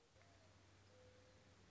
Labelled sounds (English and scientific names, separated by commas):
Mourning Dove (Zenaida macroura)